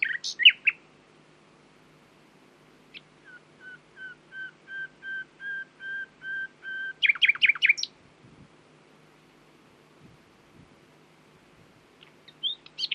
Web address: owen Common Nightingale (Luscinia megarhynchos)